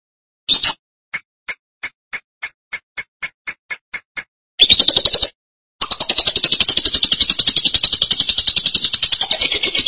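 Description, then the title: Lovebird calls: a steady series of about twelve short, sharp chirps, then a brief buzzy burst and a long, rapid, high chattering trill to the end. "BM Suara Burung Lovebird"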